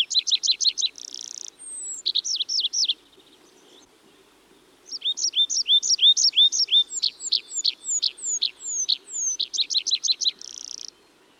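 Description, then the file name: Tree pipit song in varied phrases: rapid high chirps, a buzzy trill, upswept notes, then descending drawn whistles and another fast trilled run ending in a buzz. "Tree Pipit (Anthus trivialis)"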